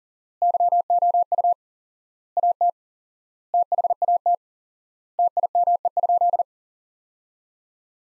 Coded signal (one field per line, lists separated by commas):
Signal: Morse code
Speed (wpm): 40 wpm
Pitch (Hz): 700 Hz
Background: none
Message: YOU AT THAT TIME?